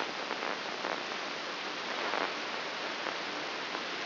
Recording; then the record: brain microelectrode recording played as sound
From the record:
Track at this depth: inside the subthalamic nucleus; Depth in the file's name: 6.261 mm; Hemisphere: left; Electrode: 3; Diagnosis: Parkinson's disease